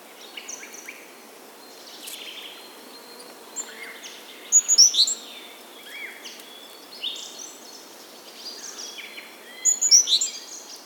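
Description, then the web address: Bird twittering with scattered faint high notes and two louder quick bursts of sharp chirps about five seconds apart, over a steady background hiss. Spring. "VT Homezon Musica da luma Spring Birds Nature Ambiance"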